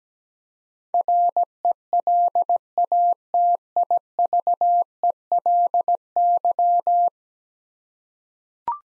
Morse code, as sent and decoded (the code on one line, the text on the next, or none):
.-. . .-.. .- - .. ...- . .-.. -.--
RELATIVELY